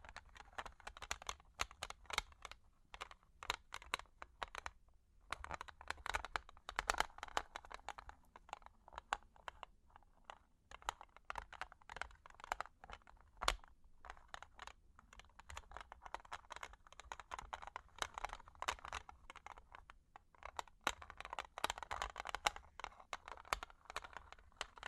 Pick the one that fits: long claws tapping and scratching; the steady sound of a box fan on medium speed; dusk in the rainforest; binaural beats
long claws tapping and scratching